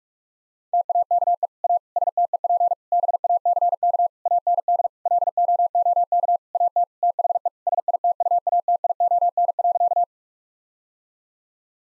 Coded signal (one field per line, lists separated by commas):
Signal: Morse code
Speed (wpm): 41 wpm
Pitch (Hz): 700 Hz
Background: none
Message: TAKE A STEP BACK AND LOOK AT THE SITUATION.